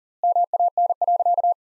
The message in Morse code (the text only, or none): MAN.